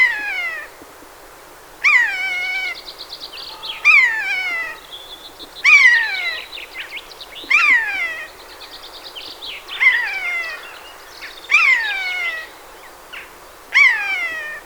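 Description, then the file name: Eurasian jay repeating descending mewing calls about every two seconds, with twittering and chattering between them. "Garrulus glandarius"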